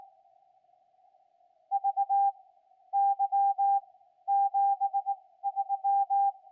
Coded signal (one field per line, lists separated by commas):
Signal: Morse code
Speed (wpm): 19 wpm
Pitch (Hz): 800 Hz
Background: none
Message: VY 73